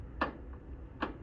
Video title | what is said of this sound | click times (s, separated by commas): Liftgate Cantilever Dry Van | to set the brake you should hear two clicks | 0.2 s, 1.0 s